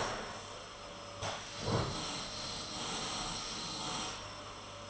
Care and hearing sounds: daily activity, microphone in the room; vacuum cleaning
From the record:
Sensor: 4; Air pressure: 996.0 hPa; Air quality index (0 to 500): 47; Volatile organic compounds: 1 ppm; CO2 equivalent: 751 ppm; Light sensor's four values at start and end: 18/47/18/19 and 18/48/18/19

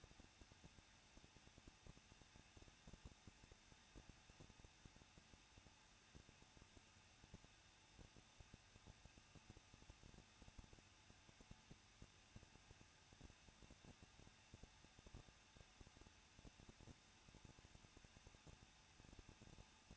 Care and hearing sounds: daily activity, microphone in the room; no activity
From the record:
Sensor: 2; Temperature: 21.0 degrees Celsius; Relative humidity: 37.6%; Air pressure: 1006.2 hPa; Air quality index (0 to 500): 224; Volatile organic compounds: 25 ppm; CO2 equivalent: 2843 ppm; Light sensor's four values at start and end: 2/3/2/2 and 2/3/2/2

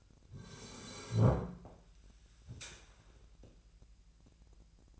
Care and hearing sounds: daily activity, microphone in the room; sit down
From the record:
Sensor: 2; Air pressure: 1001.4 hPa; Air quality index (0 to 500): 243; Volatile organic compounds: 77 ppm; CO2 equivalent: 3584 ppm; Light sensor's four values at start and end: 10/23/10/10 and 10/25/11/11

